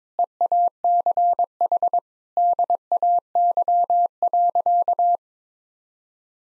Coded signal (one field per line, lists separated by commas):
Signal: Morse code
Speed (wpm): 22 wpm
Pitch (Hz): 700 Hz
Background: none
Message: EACH DAY.